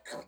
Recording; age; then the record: pig call; piglet (1 to 25 days)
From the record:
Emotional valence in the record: negative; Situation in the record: restrain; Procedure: back test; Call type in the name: low-frequency call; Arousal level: medium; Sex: male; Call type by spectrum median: low-frequency call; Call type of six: low-frequency stable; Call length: 0.28 s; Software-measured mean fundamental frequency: 51 Hz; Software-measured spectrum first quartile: 578 Hz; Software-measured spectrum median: 1311 Hz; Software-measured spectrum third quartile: 3525 Hz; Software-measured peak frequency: 587 Hz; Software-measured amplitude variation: 185 dB a second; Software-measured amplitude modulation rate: 10.5 a second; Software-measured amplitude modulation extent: 17.5 dB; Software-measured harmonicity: 1.5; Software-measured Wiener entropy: -2.24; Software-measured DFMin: 1522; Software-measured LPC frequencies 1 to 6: 623, 1806, 3842, 4275, 5099, 7131 Hz